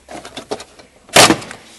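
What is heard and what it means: A plastic push-pin clip holding the rear trim panel of a 2003 Honda Accord is pulled out of its hole during a rear strut replacement. A few soft plastic taps come first, then a sharp, loud pop at 1.2 s as the clip comes free, followed by a faint tick. The clip is released from the trim.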